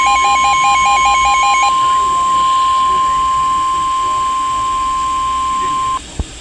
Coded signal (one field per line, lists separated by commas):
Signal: Emergency Alert System (SAME) tones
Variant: 1050 Hz attention tone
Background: speech